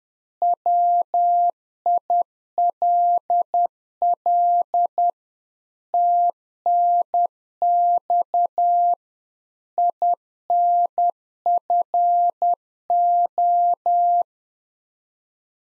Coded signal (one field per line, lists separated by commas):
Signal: Morse code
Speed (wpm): 10 wpm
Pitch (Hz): 700 Hz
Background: none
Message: WILL TNX INFO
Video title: Practice QSO - Exchange 3- More Info - 10wpm